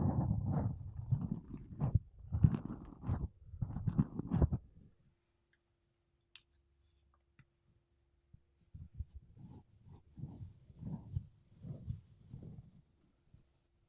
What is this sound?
Mic Brushing Using Makeup Brushes and Sponge